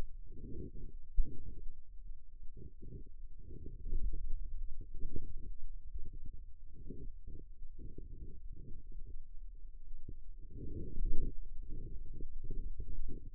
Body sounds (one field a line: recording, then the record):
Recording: forearm muscle sounds (acoustic myography)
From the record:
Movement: pen grasping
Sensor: system 2, bracelet of six BSWA MPA416 microphones around the upper forearm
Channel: 5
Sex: male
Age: 22 years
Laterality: right